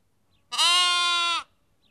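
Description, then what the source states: Sheep: a lamb's single bleat, nearly a second long, steady and slightly wavering in pitch, otherwise quiet. Lamb; Kakopetria, Cyprus.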